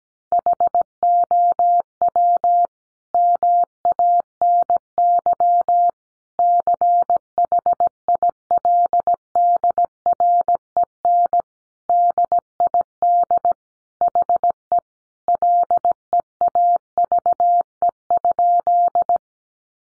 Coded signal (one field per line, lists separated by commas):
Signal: Morse code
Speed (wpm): 17 wpm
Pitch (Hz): 700 Hz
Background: none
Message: HOW MANY CHILDREN DID HE LEAVE?